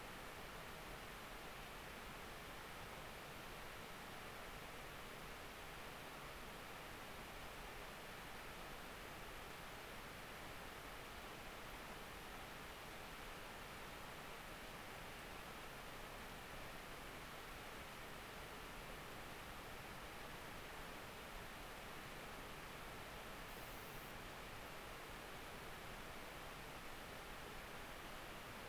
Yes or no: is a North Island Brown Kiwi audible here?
no